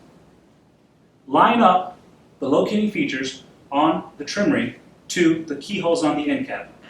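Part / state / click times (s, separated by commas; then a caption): trim ring into light fixture end cap / not seated / none. A plastic trim ring on the end of a light fixture's lens is lined up by its locating features with the keyholes on the end cap, ready to be pushed up into the end cap. Someone talks throughout, and no distinct clicks stand out. Nothing has seated or clicked yet.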